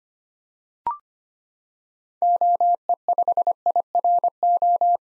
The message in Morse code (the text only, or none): OE5IRO